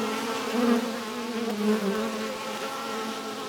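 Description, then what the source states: Bees producing a thick, constant buzz, with brief louder drones early and midway over the steady hive hum. Bees inside a hive in a tree, recorded with wind.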